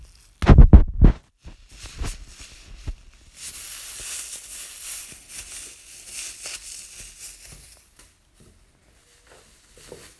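A plastic bag is handled. A few heavy knocks land in the first second, then a bright, dense crinkling and rustling swells from about three to seven seconds before fading into near silence with a faint tap at the end.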